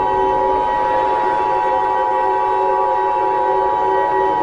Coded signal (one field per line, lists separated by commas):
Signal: Emergency Alert System (SAME) tones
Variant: 853 and 960 Hz attention tone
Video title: EAS Scenario #11: Green Blob